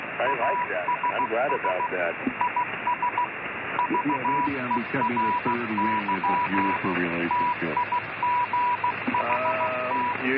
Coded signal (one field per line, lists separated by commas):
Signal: Morse code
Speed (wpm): 15 wpm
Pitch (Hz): 980 Hz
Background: speech, radio noise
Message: ASS IS VERY TIGHT